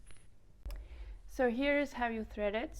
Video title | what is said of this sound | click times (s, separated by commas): Learn how to monogram Bag-all tutorial | and when it's done you can just pull it right back until you hear clicking | 0.7 s